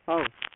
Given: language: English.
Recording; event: throat vibration sensor signal played as sound; speech